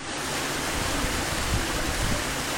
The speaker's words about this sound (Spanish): Y los vecinos de Ubrique han visto cómo sus calles se han convertido en auténticos ríos, un espectáculo de la naturaleza.